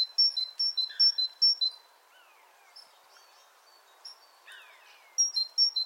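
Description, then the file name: Great tit two-note phrases at the start and end, with sliding lower whistles and chirps in the middle. "Parus major"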